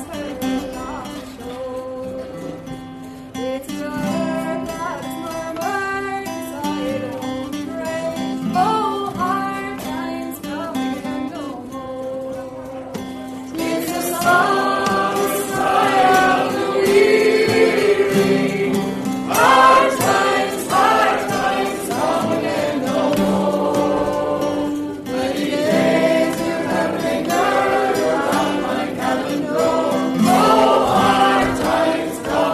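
Bar ambience dominated by music, with a steady low tone under layered melodic lines and the odd voice. The first thirteen seconds are quieter and sparser; from about thirteen seconds the music swells fuller and brighter, with busier overlapping parts and sharp accents throughout.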